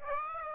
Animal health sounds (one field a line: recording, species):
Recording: mosquito wingbeat signal from an infrared sensor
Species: Aedes aegypti